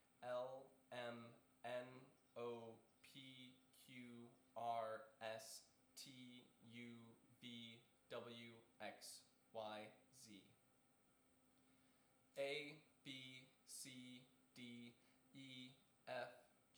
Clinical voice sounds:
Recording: letters of the alphabet, spoken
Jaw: free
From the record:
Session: seven days later

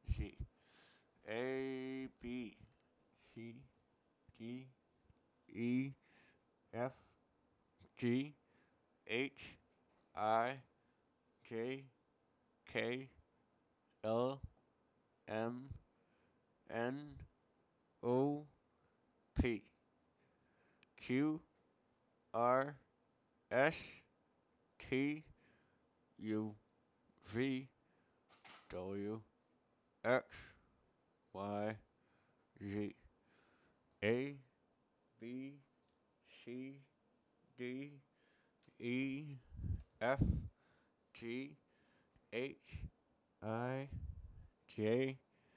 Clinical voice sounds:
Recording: letters of the alphabet, spoken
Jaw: constrained by a bite bar between the teeth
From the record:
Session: first day, right after the free take

